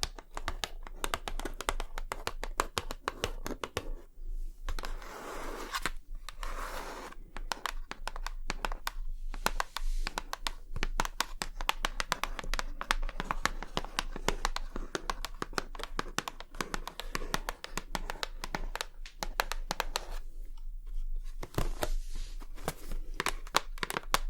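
Fingernails tap rapidly on hard surfaces, a dense run of crisp, bright clicks with an uneven, busy rhythm. Brief pauses break the flow near 4, 6 and 21 seconds. A faint low hum sits steadily underneath.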